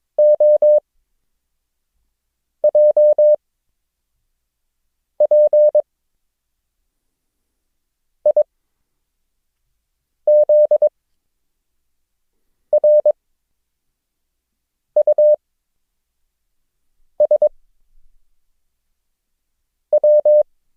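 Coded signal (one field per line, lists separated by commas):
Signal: Morse code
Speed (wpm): 22 wpm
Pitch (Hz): 600 Hz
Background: none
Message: O J P I Z R U S W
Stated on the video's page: Morse code lesson drill introducing the characters O, G and Q, with mixed-character transmissions.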